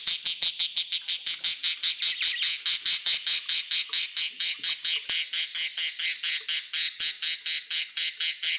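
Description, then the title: Budgerigar calling in a continuous, harsh, rasping series of rapid squawk pulses, steady and loud throughout. "Budgie Sounds"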